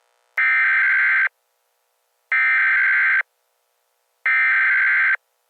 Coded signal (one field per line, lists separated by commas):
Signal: Emergency Alert System (SAME) tones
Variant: header bursts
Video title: Eas scenario #3 haters